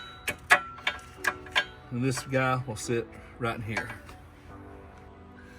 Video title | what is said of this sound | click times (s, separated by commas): 2024 2.3L EcoBoost Mustang S650 UPR Dual Valve Catch Can Installation | and just snaps into place. | 0.5 s, 0.9 s